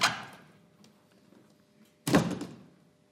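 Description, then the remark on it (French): A door shuts with a solid thump, then after a pause of about two seconds a second heavier bang follows, each impact fading quickly into quiet. “Tu fermeras la porte en sortant?”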